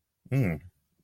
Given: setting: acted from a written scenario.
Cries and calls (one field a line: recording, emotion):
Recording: vocal sound without words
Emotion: neutral